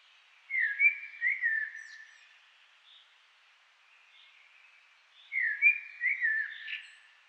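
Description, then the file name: Eurasian blackbird song: two mellow, fluted warbling phrases about five seconds apart, with a quiet pause between. "Turdus merula"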